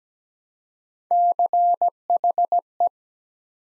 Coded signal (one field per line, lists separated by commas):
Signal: Morse code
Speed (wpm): 17 wpm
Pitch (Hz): 700 Hz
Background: none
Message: CHE